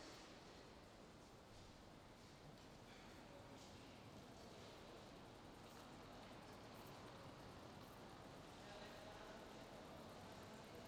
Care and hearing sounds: everyday scene through a hearing-aid microphone; reverberant space; background noise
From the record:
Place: railway station hall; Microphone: in the ear canal, left

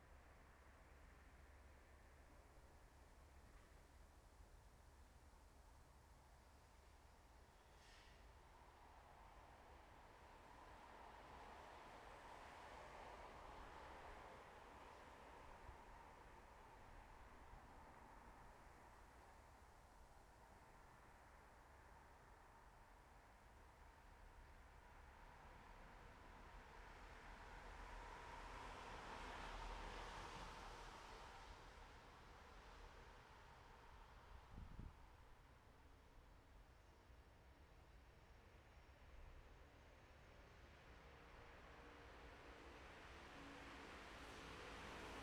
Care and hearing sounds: everyday scene through a hearing-aid microphone; in traffic; traffic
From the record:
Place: bus stop on a city main road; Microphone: behind the ear, left, front

